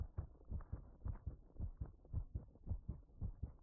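Soft, muffled low thumps come in steady lub-dub pairs at about 110 beats a minute, with no other sounds in between. It is a close-up adult heartbeat, heard as a calming sound that helps with sleep.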